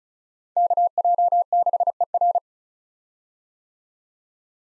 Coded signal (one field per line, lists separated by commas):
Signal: Morse code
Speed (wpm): 34 wpm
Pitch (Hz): 700 Hz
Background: none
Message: KJ6ER